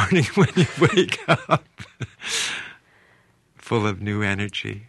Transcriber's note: soundbite of laughter